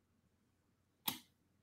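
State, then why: Released. A padlock being picked, with the pins raked by a pick while tension is held on a tension bar, pops open. After near silence, a single sharp click at 1.0 seconds marks the shackle releasing, and it decays quickly into quiet.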